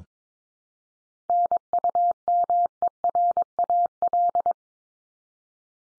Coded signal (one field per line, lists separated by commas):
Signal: Morse code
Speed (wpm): 22 wpm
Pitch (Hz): 700 Hz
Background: none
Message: NUMERAL